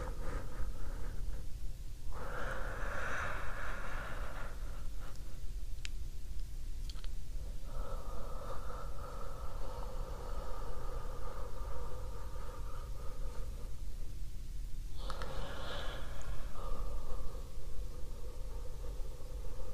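Deep breathing in long, steady cycles, each drawn breath a rushing hiss lasting several seconds, over a constant low rumble with brief clicks.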